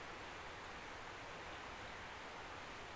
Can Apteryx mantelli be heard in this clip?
no